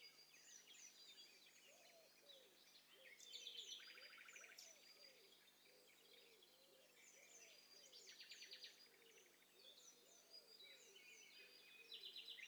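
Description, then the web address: Several birds calling at once: high buzzy trills and chatter, sharp bursts near the middle, and a low arched note repeating steadily throughout. Several birds calling at once, in hi-fi stereo. "Hi Fi STEREO BIRD COCKTAIL PARTY Challenge"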